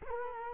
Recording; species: mosquito wingbeat signal from an infrared sensor; Culex quinquefasciatus